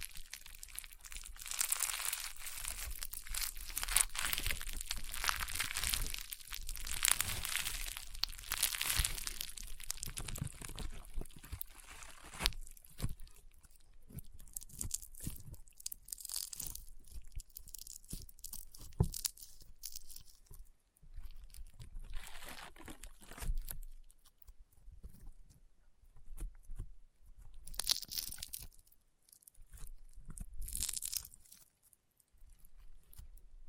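Rainbow honeycomb slime gives dense crunching and crinkling for the first twelve seconds, then thins to scattered pops and short crackling bursts.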